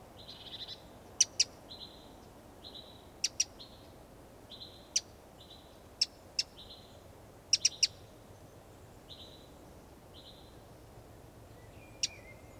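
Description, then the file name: Eurasian wren giving scattered hard ticks, singly or in small groups every one to four seconds, over faint repeated thin high notes. "Troglodytes troglodytes"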